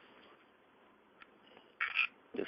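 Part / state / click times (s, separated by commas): slide stop pin and slide of airsoft pistol / not seated / none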